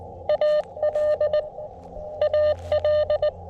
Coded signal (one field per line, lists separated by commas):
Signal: Morse code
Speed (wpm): 21 wpm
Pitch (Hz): 590 Hz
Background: none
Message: AL AL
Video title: CW POTA at K-5221 with the FX-4CR and WRC 213" Antenna